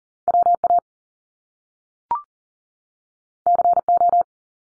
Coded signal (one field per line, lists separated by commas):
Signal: Morse code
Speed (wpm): 40 wpm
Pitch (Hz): 700 Hz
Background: none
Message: WA CO